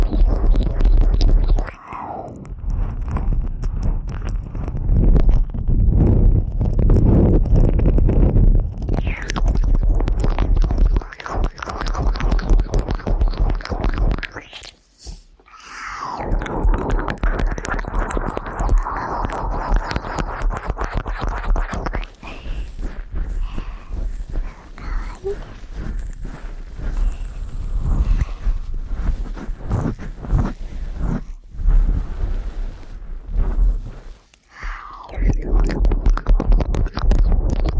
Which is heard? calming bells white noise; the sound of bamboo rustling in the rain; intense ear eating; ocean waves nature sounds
intense ear eating